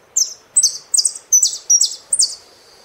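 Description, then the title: Saffron finch singing six sweet, high phrases, each a quick downward sweep, delivered at a steady pace with short gaps between. "Jilguero Argentino"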